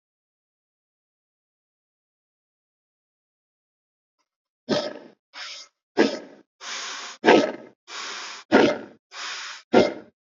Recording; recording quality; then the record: shallow breathing; excellent, no background noise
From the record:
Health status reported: respiratory illness, not identified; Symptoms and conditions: asthma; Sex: female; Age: 37 years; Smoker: not ticked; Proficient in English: yes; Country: India